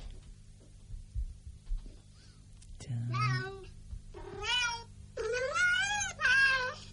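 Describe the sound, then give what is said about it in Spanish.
After a few seconds of low hum and soft thumps, translator software renders a spoken name as a run of about four drawn-out cat meows, each wavering up and down in pitch, fairly loud and with no talking over them. “lo que tengo es un software”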